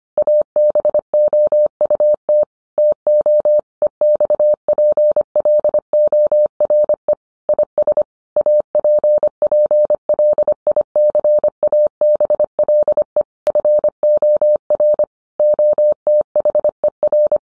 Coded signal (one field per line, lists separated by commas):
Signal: Morse code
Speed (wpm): 25 wpm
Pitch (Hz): 600 Hz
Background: none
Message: ABOUT TO EXPLORE IS APPLICABLE FOR OTHER